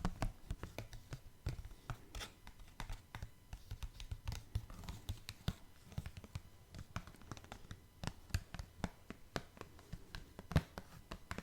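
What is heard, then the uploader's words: Tapping with no talking: quick, irregular taps fall throughout, several per second, each a short bright click with a dull low thump beneath. The pace stays fairly even, with one sharper, louder tap near the tenth second and faint scratchy brushes between. Tapping No Talking.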